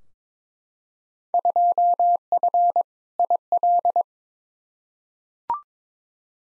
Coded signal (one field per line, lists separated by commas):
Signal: Morse code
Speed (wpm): 22 wpm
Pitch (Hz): 700 Hz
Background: none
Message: 2F IL